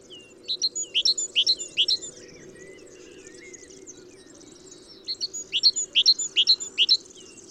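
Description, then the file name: Great tit giving two bursts of rapid, bright, high notes, separated by a pause of roughly three seconds, over a faint low background hum. "Parus major"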